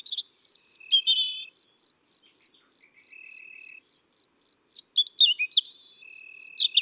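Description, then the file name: European robin with a high, twittering phrase at the outset and another varied warble near the end, while crickets chirp rapidly and steadily throughout. Singing in the countryside. "Rougegorge familier Chants doiseaux dans la campagne"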